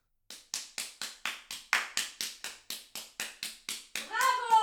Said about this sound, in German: Gut gesungen. Alle klatschten.